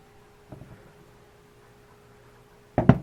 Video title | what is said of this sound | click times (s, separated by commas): 396 FE Part 2: Pistons and timing chain! | right there still not quite so I'm going to go ahead and grab a pick and just kind of get that final lock | 2.8 s, 2.9 s